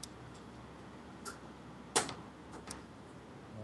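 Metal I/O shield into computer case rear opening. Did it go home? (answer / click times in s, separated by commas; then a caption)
yes / 0.0 s, 2.1 s, 2.7 s. A metal rear I/O shield plate, pushed in from inside a computer case and lined up, has its corners pressed into the metal case opening. Sharp clicks are heard at 0.0, 2.1 and 2.7 seconds, with the loudest, longest snap at 2.1 seconds and faint ticks in between. The shield snaps and seats in the case.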